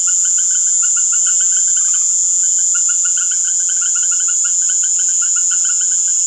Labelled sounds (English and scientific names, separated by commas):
none